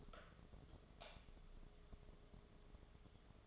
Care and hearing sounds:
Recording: daily activity, microphone in the room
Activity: light off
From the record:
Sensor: 4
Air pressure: 1011.1 hPa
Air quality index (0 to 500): 147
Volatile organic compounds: 3 ppm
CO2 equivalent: 1509 ppm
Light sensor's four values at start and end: 129/340/143/149 and 128/336/142/147

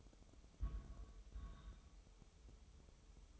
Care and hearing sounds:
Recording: daily activity, microphone in the room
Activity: place on stove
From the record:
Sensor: 1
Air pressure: 988.3 hPa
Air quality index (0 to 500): 202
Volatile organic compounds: 1000 ppm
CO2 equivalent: 5403 ppm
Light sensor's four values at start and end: 26/97/37/39 and 26/97/37/39

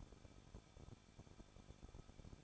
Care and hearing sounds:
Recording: daily activity, microphone in the room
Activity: no activity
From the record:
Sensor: 5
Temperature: 20.8 degrees Celsius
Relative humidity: 38.4%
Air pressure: 1006.5 hPa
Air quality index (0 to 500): 190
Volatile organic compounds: 19 ppm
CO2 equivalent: 2670 ppm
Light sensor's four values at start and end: 2/3/1/1 and 2/3/1/1

